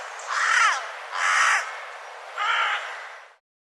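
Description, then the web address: Bird uttering three hoarse, grating caw notes in steady succession, the last one slightly weaker. "birddata Deverinetal 2025 Bird Co Co Co Co"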